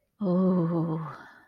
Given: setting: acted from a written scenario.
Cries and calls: vocal sound without words; desire

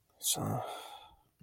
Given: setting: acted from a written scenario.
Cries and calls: vocal sound without words; disappointment

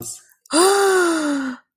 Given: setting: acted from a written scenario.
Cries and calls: vocal sound without words; elation

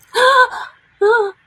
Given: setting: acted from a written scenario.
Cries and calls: vocal sound without words; distress

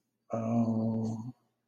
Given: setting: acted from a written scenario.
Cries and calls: vocal sound without words; sadness

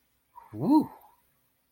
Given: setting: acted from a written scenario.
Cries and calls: vocal sound without words; relief

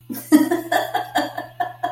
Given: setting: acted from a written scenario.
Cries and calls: vocal sound without words; amusement

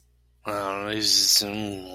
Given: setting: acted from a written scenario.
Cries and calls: vocal sound without words; embarrassment

